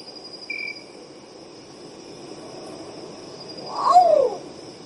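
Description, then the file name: Long-tailed potoo utters a single melancholy phrase, a clipped high note then a descending whistled wail, with a continuous high insect whine and a brief earlier insect buzz. "canto do urutau pardo"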